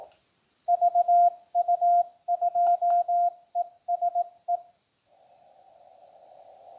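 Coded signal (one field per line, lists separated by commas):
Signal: Morse code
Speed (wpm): 18 wpm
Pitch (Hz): 700 Hz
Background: none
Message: VU2ESE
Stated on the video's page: CW on sBitx v3 hardware and software with full break-in, macros, on-screen typing and variable bandwidth filtering.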